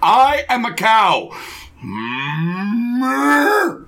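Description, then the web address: Cow mooing: a short harmonic bellow first, then a long drawn-out moo that rises steadily in pitch before dropping sharply at the end. "vanderforge cow"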